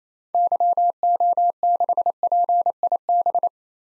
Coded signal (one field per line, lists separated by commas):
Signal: Morse code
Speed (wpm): 28 wpm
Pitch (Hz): 700 Hz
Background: none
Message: YO6PIB